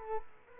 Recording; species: mosquito wingbeat signal from an infrared sensor; Culex quinquefasciatus